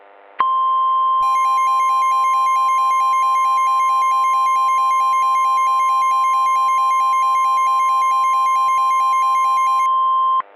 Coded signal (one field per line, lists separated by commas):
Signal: Emergency Alert System (SAME) tones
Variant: 1050 Hz attention tone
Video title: SUPERGIANT: An EAS Scenario (Re-upload)